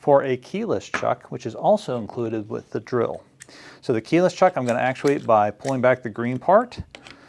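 Someone talks while handling the quick-change keyless chuck that comes with a Festool KHC 18 cordless rotary hammer drill, pulling back its green sleeve to fit it onto the drill's spindle shaft. A brief sharp sound occurs near 7.1 s. Nothing has seated or clicked yet, as the chuck is not yet locked onto the shaft.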